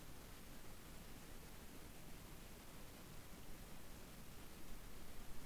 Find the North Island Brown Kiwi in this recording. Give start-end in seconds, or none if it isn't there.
none